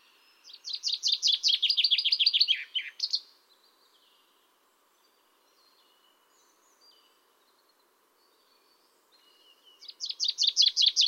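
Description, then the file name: Common chaffinch song: a fast, bright trill of repeated notes that drops in pitch and ends in a short flourish, followed after a pause by the next song starting. "Fringilla coelebs"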